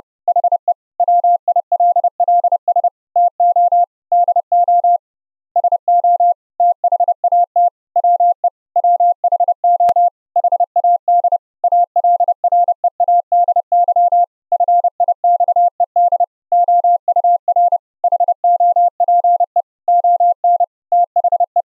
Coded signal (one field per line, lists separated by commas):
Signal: Morse code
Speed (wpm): 30 wpm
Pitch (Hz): 700 Hz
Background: none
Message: HE WILLS TO DO SO THAT WE WHO HAD ALREADY FIXED OUR HOPE ON THE